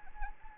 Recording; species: mosquito wingbeat signal from an infrared sensor; Anopheles arabiensis